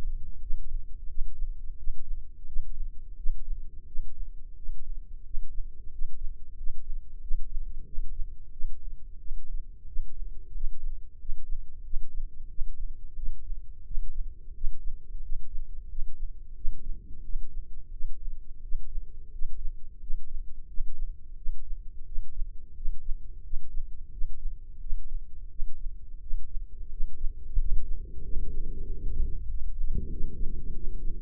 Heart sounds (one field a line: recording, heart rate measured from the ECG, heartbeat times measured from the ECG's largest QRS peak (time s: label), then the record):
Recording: heart sounds by microphone in the right ear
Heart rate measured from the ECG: 89 bpm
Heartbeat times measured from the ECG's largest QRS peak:
0.39 s: heartbeat
1.07 s: heartbeat
1.76 s: heartbeat
2.45 s: heartbeat
3.15 s: heartbeat
3.85 s: heartbeat
4.55 s: heartbeat
5.23 s: heartbeat
5.90 s: heartbeat
6.55 s: heartbeat
7.20 s: heartbeat
7.84 s: heartbeat
8.50 s: heartbeat
9.17 s: heartbeat
9.85 s: heartbeat
10.52 s: heartbeat
11.17 s: heartbeat
11.82 s: heartbeat
12.47 s: heartbeat
13.15 s: heartbeat
13.83 s: heartbeat
14.52 s: heartbeat
15.20 s: heartbeat
15.87 s: heartbeat
16.53 s: heartbeat
17.21 s: heartbeat
17.90 s: heartbeat
18.60 s: heartbeat
19.30 s: heartbeat
19.99 s: heartbeat
20.66 s: heartbeat
21.34 s: heartbeat
22.04 s: heartbeat
22.73 s: heartbeat
23.41 s: heartbeat
24.09 s: heartbeat
24.78 s: heartbeat
25.48 s: heartbeat
26.19 s: heartbeat
26.88 s: heartbeat
27.56 s: heartbeat
28.21 s: heartbeat
28.84 s: heartbeat
29.47 s: heartbeat
30.08 s: heartbeat
30.72 s: heartbeat
From the record:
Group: healthy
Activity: rest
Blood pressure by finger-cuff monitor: 108/74 mmHg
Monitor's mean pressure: 84 mmHg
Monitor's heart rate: 89 bpm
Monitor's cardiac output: 7.3 L/min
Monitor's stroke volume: 82 mL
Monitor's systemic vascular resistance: 840 dyn s/cm5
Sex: male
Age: 19 years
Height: 178 cm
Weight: 83 kg